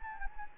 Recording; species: mosquito wingbeat signal from an infrared sensor; Anopheles gambiae